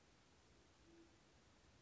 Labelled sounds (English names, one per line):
Band-tailed Pigeon